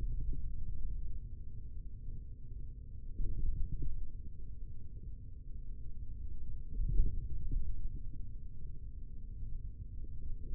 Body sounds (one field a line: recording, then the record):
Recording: forearm muscle sounds (acoustic myography)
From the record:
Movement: hand opening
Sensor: system 3, bracelet of six PUI Audio POM-2738L microphones around the upper forearm, with dedicated amplification and filtering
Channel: 5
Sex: male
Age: 43 years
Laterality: right